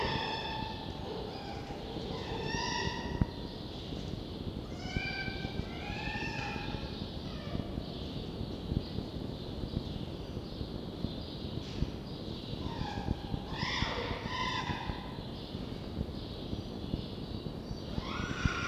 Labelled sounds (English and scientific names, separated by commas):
Red Fox (Vulpes vulpes)